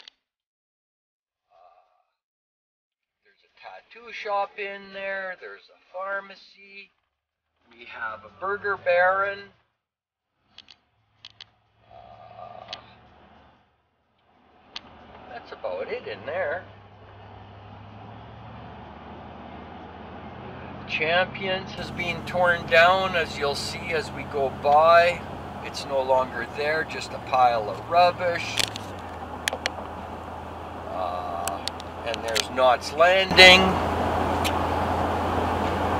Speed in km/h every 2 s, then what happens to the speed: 0, 0, 0, 0, 21, 29, 35, 39, 42, 48, 55, 61, 66, 68, 69, 69, 71, 71.
0-6 standing. 6-36 pulls away to 71.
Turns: none.